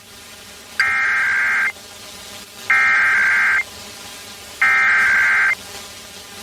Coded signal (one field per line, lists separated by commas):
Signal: Emergency Alert System (SAME) tones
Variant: header bursts